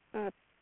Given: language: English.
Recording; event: throat vibration sensor signal played as sound; speech